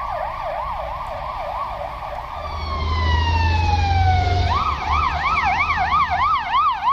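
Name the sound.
ambulance siren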